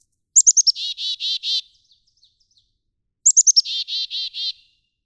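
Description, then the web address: Black-capped chickadee giving chick-a-dee calls: a few high, sharp notes followed by several buzzy, harsh dee notes, given twice with a pause between. "birdsongforthecurious songs Black-capped Chickadee"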